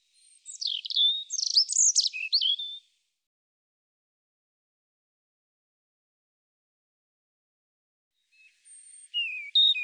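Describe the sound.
European robin sings a rapid, jangling phrase of high notes, falls silent for several seconds, then starts another thin, wavering phrase.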